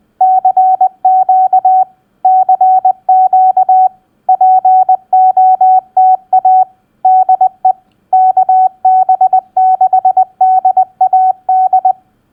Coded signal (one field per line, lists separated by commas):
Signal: Morse code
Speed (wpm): 20 wpm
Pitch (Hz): 750 Hz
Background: none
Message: CQ CQ POTA DE KB6DAD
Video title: Morse Code Practice POTA Exchange CQc Activator Call 20wpm